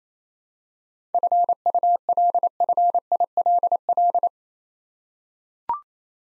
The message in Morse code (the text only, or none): FULFILL